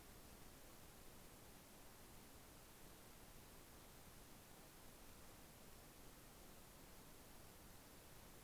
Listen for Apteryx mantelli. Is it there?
no